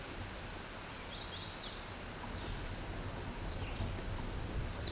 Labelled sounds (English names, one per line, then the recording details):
Chestnut-sided Warbler song
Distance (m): 35 m
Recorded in a Pennsylvania forest on 17 May 2023 at 11:51
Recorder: AudioMoth, point grid1_41_low
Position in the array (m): 121 m, 207 m